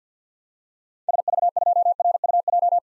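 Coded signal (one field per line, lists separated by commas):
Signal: Morse code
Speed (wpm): 50 wpm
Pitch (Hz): 700 Hz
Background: none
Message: SV2RUJ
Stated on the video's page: Head-copy drill of common SOTA activator call signs at 50 wpm, each sent in Morse, spoken, then sent again.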